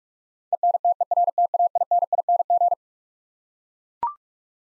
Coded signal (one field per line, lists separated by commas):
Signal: Morse code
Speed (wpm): 43 wpm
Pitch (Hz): 700 Hz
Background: none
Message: ENTERTAINING